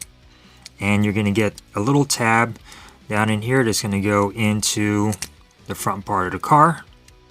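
Someone talks while handling a plastic Transformers Dark of the Moon Deluxe Class Mech Tech Bumblebee toy, bringing the hood down on a transforming car so a small tab lines up to go into the front section of the car. Only a few faint handling ticks are heard around the speech, and the tab has not seated or clicked into place yet.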